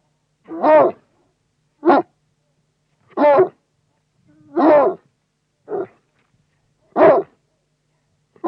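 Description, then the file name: Bloodhound giving several deep, full-throated single barks, evenly spaced with short silences between them. "Digiffects Sound Effects Library - Bloodhound Dog Barks"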